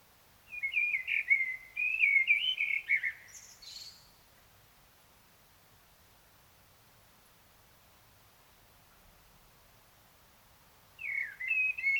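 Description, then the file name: Common blackbird sings a fluty, warbling phrase ending in a high scratchy flourish; after about seven quiet seconds a new mellow phrase starts. "Turdus merula"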